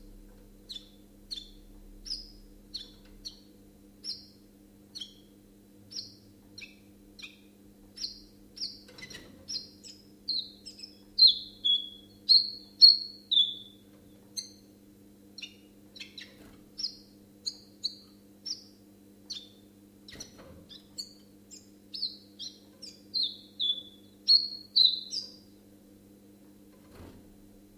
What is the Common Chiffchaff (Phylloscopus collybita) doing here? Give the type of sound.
song